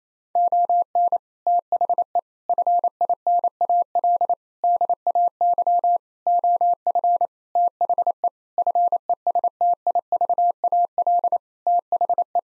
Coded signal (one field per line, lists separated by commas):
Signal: Morse code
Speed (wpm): 28 wpm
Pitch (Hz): 700 Hz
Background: none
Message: ON THE FINAL DAY OF THE FESTIVAL THE